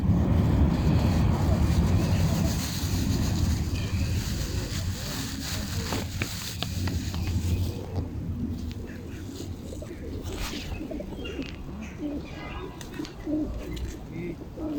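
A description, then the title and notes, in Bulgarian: Pigeons are fed at a bathhouse, their low, crowded murmur filling the whole scene with no pauses. Sharp flutters of wings burst out now and then, most clearly near six and ten seconds, while faint voices sit underneath and the din eases slightly after the opening seconds. Храня гълъби на банята.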